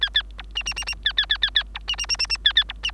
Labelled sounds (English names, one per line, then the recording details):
Bengalese Finch song
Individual Bird3